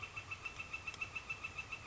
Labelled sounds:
Northern Flicker

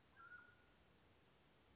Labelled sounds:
Anna's Hummingbird

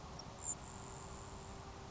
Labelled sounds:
Grasshopper Sparrow

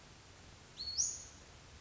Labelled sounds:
Western Flycatcher

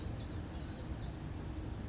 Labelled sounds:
Blue-gray Gnatcatcher

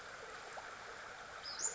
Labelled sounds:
Western Flycatcher

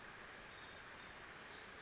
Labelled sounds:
Pacific Wren

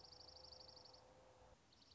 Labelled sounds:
Dark-eyed Junco

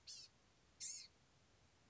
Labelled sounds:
Blue-gray Gnatcatcher

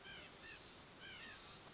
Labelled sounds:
White-breasted Nuthatch

